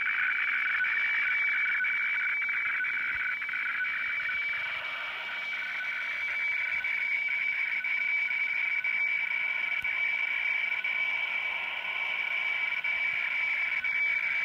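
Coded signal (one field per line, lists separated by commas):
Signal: weather fax (radiofax)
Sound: steady buzzing warble between two tones with a faint regular ticking, under hiss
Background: radio static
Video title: Sony CRF-V21 receiving WEFAX - Shortwave radio DX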